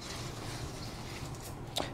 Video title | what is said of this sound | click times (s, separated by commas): Dell PowerEdge R440 - How To Rack a Server - Server Racking - Sliding Rails - Rackmount Server | and then it will lock into place so you'll notice if I try to push back right now the inner is actually fully | 1.8 s